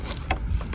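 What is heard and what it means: A Starlink satellite dish mast is handled against its ground base, its notch lined up with the groove inside before it drops in. Short knocks and scrapes sound at about 0.1, 0.2 and 0.3 seconds over low rumble. Nothing has seated or clicked yet.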